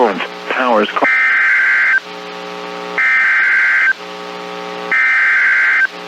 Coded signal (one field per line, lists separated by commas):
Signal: Emergency Alert System (SAME) tones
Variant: header bursts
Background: speech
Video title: ALL CAUGHT THROUGH MY TFT (EAS Alerts: #322 - 336) - 6/15/22